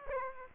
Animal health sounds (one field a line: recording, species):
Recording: mosquito wingbeat signal from an infrared sensor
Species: Aedes aegypti